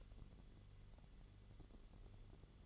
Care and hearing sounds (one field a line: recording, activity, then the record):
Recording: daily activity, microphone in the room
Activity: light on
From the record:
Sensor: 4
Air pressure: 1008.7 hPa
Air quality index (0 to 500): 91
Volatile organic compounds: 1 ppm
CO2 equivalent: 686 ppm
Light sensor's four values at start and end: 11/26/10/9 and 12/28/11/10